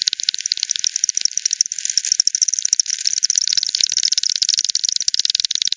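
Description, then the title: Bat echolocation calls, frequency-divided into dense, rapid dry clicks that tick continuously. Multiple bats at Hogsmill River, Hogsmill Lane, 7 October 2020 at 18:10 Z; recorded with frequency division (FD 10), bandpass filtered and resampled. "bat 20201007 T 18 : 10 Z-Hogsmill-Lane-Hogsmill-River-multiple-bats-FD 10"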